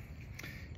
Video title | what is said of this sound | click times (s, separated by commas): simple oil change diy on any e90 bmw | in this spot it'll clip right on | 0.4 s